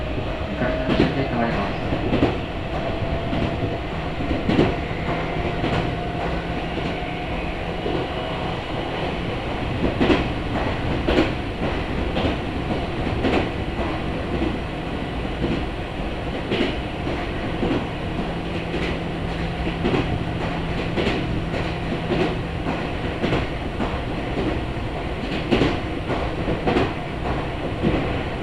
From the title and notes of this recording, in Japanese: 名古屋鉄道各務原線 新加納→犬山 普通列車。だいぶ日も西に傾いてきた頃です。細かく停車していきます。